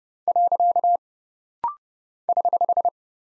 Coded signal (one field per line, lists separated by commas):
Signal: Morse code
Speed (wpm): 30 wpm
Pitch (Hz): 700 Hz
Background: none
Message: . <HH>